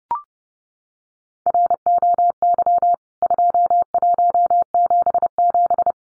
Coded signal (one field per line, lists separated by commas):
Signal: Morse code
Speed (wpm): 30 wpm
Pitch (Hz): 700 Hz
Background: none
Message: ROY 2177